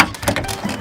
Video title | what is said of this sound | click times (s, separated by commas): Video Bola de Reboque - Hitching caravan- Camperline | it click into position so that's on the tow ball | 0.0 s